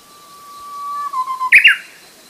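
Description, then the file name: Japanese bush warbler singing a drawn-out level whistle that slides slightly lower, then snaps into a loud, abrupt two-note ending. "uguisu"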